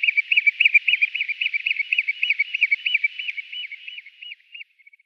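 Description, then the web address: Eurasian oystercatcher display piping, a series of loud shrill pips that gradually slows and fades, ending with a few soft notes. Eurasian oystercatcher performing its display. "Schulze Peter Eurasian Oystercatcher display"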